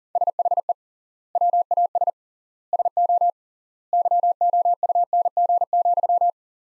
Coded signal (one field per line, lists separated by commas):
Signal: Morse code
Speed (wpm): 40 wpm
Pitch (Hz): 700 Hz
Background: none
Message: SHE WAS SO YOUNG,